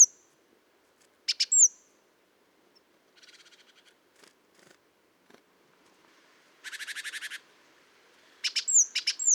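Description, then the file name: Great tit calls: sharp doubled clicks with a thin falling whistle, a short soft rattle, a loud buzzy churring rattle, then a burst of repeated clicks and whistles. "Parus major"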